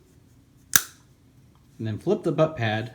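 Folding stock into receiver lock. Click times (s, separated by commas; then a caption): 0.8 s. The spring-tensioned metal folding stock of a PPS-43 submachine gun, which stores on top of the receiver, is pulled out into its extended position. A single sharp, loud metallic click at 0.8 s marks it locking open into the receiver lock, and it is seated. About a second later, someone talks.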